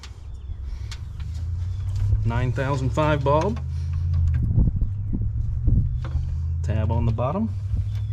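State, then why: Not seated. A new LASFIT 9005 LED headlight bulb for a 2014 Chevrolet Silverado is lined up by its tab at the bottom and pressed by hand into its plastic base or adapter in the headlight housing. Someone talks over a steady low rumble, with brief light handling ticks and taps. Nothing has seated or clicked yet.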